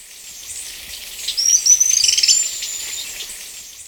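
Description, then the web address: White-banded tyrannulet giving a high, thin chattering trill lasting about a second, over a soft hiss of background noise. Recorded in Ecuador. "S America Birds of Ecuador. White-Banded Tyrannulet"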